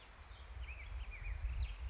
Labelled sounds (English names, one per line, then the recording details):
Black-headed Grosbeak
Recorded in Sonoma County, California